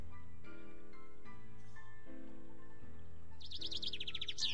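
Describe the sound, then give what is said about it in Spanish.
Birds singing in a garden: a burst of quick, high, bright chirps and trills rises near the end, over a steady backdrop of soft, sustained low tones. “desde claro mi jardín con sí. Todos los pájaros de acá.”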